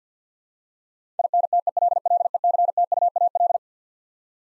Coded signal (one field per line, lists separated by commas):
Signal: Morse code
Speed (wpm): 49 wpm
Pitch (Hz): 700 Hz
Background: none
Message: INTELLECTUAL